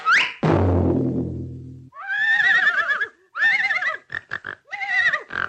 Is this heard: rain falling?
no